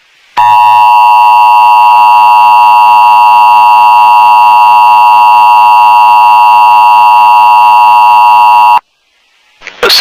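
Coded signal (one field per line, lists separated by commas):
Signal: Emergency Alert System (SAME) tones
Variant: 853 and 960 Hz attention tone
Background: speech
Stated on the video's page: Fictional EAS scenario about a tornado hitting Detroit.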